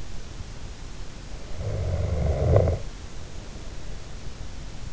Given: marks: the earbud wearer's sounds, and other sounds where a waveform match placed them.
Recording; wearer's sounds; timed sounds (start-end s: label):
sounds in sleep by an in-ear microphone; snoring breath
1.33-4.71 s: snoring breath